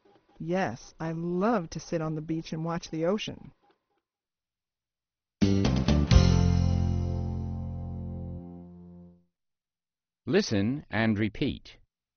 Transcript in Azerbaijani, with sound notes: Yes, I love to sit on the beach and watch the ocean.
(short pause)
Listen and repeat.